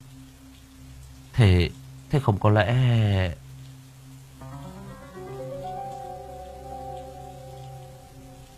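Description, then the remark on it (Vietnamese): Steady rain patters at night throughout as a soft, even hiss. A voice speaks briefly over it, and then sustained tones rise and hold beneath the rainfall. “Chiếu đèn pin lên xô quét khắp nơi, bốn bể im phăng phắc, mưa vẫn rì rào trong đêm.”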